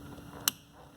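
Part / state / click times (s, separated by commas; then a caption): plastic cover onto car fuse box / seated / 0.5 s. The plastic cover is pressed back onto the engine-bay fuse box for the engine computer (ECU/DME) fuse on a BMW E90/E92/E93. A single sharp, bright tick rises well above a faint steady background hum at 0.5 s. The cover clicks shut and is seated.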